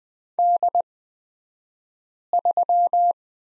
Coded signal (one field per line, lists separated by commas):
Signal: Morse code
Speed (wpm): 20 wpm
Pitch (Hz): 700 Hz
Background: none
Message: D3